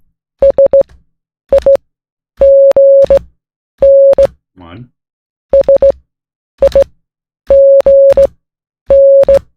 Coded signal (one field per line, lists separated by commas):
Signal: Morse code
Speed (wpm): 15 wpm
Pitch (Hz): 550 Hz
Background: speech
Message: SIGN SIGN